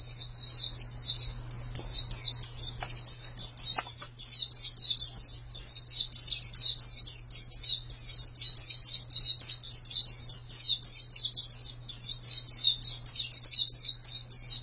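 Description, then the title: White-eye pouring out a long, fast chatter of high chirps and trills with hardly a pause, accompanied by a low constant hum. "Kicauan Burung Pleci"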